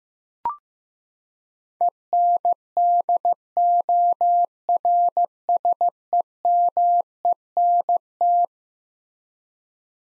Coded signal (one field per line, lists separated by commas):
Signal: Morse code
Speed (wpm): 15 wpm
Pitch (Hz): 700 Hz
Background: none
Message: ENDORSEMENT